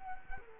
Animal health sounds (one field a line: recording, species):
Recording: mosquito wingbeat signal from an infrared sensor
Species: Culex quinquefasciatus